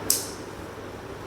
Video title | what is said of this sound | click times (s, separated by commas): Instrument Viva in Pediatrics | put it at this angle and we until we hear it click after that we can just | 0.1 s